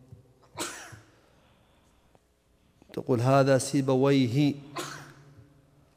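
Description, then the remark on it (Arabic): A single sharp, breathy sneeze bursts out early during an Arabic grammar lesson on Ibn Malik's Alfiyya, followed after a pause by a man speaking in a steady voice, with another brief noisy exhale near the end. “يرحمك الله، يرحمك الله”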